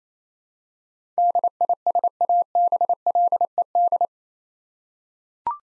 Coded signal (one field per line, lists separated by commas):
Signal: Morse code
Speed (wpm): 28 wpm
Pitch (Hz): 700 Hz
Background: none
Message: DISABLED